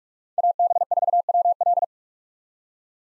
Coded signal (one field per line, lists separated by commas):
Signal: Morse code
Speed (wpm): 46 wpm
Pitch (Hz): 700 Hz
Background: none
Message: AB4WL